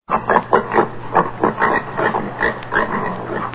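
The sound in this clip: Pig grunting, a steady run of low, rough grunts with a faint constant hum underneath.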